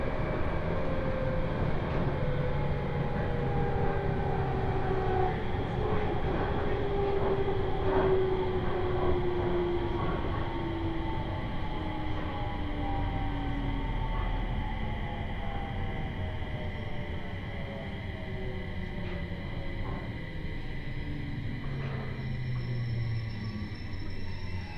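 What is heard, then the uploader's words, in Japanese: A train runs on the Tohoku Main Line between Kitakami and Morioka, its steady, dense rumble filling the full 25 seconds. Motor whine tones glide slowly downward as it slows, with faint rhythmic clicks from the rails and a slight drop in loudness near the end. 東北本線下り 北上→盛岡。701系4両編成。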